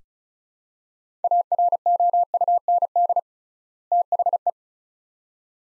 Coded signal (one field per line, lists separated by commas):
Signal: Morse code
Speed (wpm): 36 wpm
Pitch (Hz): 700 Hz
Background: none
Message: AROUND THE